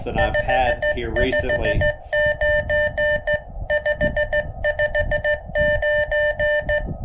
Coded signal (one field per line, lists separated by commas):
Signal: Morse code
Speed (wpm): 17 wpm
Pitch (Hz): 590 Hz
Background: none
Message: 559 559